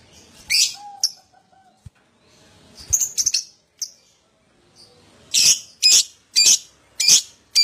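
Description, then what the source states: Lovebird song mixing a few thin chirps and a short whistle, then a run of loud, harsh chirps repeated roughly every half second. Adult lovebird in full, vigorous song (gacor), song style described as "owor owor".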